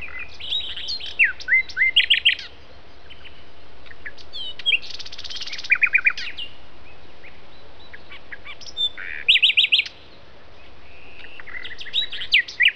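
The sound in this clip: Common nightingale delivering bursts of whistles, rattling trills and quick downslurred notes, phrases spaced by pauses of several seconds, constant low background rumble.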